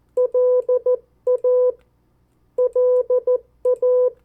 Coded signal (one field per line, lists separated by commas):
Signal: Morse code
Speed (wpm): 14 wpm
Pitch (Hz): 500 Hz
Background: none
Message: LA LA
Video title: 50 State Abbreviations, Variable speeds, in CW Video #5